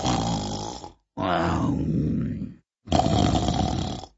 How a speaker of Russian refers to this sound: Видит, под кустом волк спит, страшным голосом храпит.